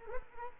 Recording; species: mosquito wingbeat signal from an infrared sensor; Culex quinquefasciatus